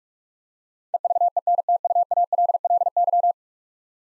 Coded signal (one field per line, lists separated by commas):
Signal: Morse code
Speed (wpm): 44 wpm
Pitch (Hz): 700 Hz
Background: none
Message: EVENTUALLY